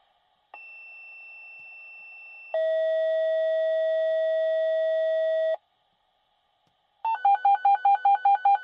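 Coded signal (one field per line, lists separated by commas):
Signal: two-tone page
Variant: fire department dispatch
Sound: one steady tone, then a louder lower tone, pause, then a fast two-note warble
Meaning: The sequential tones activate the fire department's pagers, and the warble alerts responders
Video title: Fire Department Dispatch Pager YOUTUBE SOUND Effect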